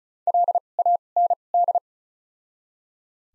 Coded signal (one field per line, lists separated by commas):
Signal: Morse code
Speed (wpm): 36 wpm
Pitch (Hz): 700 Hz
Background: none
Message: L A N D